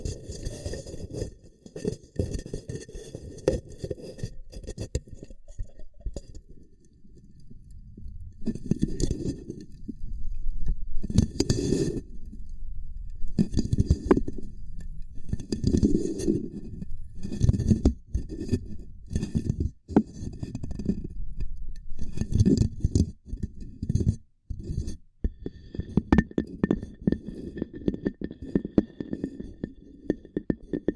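Ear cupping triggers: soft, muffled rubbing and cupping sounds, mostly low and dull, with a hollow pressure that swells and fades. Bursts come irregularly, every second or two, with denser handling after about eight seconds and faint clicks and taps scattered throughout.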